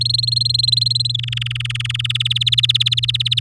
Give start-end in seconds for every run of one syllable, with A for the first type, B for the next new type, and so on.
0.01-1.12 A, 1.14-2.23 B, 2.25-3.40 C